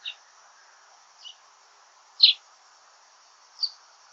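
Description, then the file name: Common chaffinch giving four brief, bright, high-pitched call notes at uneven intervals against a continuous thin insect drone. "Fringilla coelebs"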